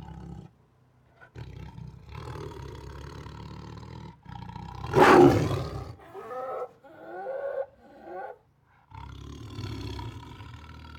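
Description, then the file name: Siberian tiger snarling and growling in uneven bursts, with one loud harsh snarl in the middle and quieter low rumbles between. Protective growls, roars and snarls. "Siberian Tiger Protective Growls, Roars and Snarls 3 [Sound Ideas]"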